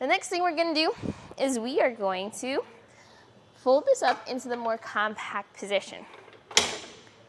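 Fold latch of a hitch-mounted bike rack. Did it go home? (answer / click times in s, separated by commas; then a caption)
yes / 6.6 s. Someone talks as the empty metal RockyMounts Gigawatt hitch-mounted bike rack for 2 bikes, mounted on a 2024 Ford Bronco Sport, is folded up into its compact stowed position. Its fold latch snaps into place with a sharp click at 6.6 s, locking the rack in the stowed position.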